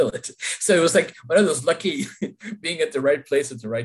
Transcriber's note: laughs